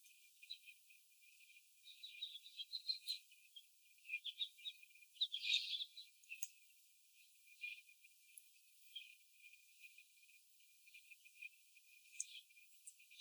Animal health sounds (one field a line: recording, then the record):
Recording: young laying hens in a cage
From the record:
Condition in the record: before the stressor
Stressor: sudden umbrella opening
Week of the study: 3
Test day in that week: 2